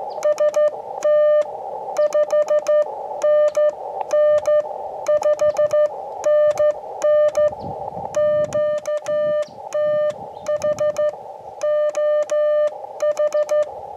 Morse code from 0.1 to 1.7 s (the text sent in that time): ST